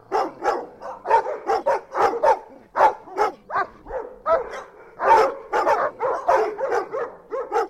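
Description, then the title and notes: Dogs barking, a fast, steady series of sharp, repeated barks. Several dogs at Pontos, Girona, Spain. "perrros. perros de Pontos, Girona, Espania"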